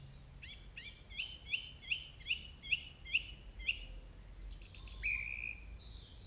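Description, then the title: Song thrush repeating a short whistle about seven times in quick succession, then switching to high jumbled notes and a drawn-out whistle. Recorded on 4 May 2021 at 20:35. "2021-05-04 20-35-13-Song-Thursh-4 th-May-2021"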